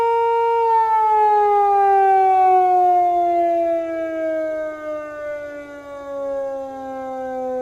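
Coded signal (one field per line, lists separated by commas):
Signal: siren signal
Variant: motor siren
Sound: loud continuous motor siren wail slowly descending in pitch, rich harmonics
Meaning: Sounded as the 6 a.m. time signal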